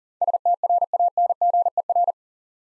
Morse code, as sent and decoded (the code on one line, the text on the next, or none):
... - .-. .- -. --. . .-.
STRANGER